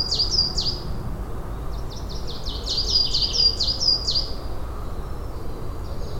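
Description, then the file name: Coal tit calling: high, thin notes sliding downward, run together in fast strings, over a steady low background rumble. Recorded 14 April 2009 at Güntersleben, Würzburg. "Tannenmeise 14 04 2009 Guentersleben WUe Rainer Jahn"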